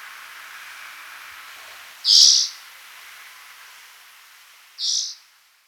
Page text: Spotted Forktail Call. Quick Sounds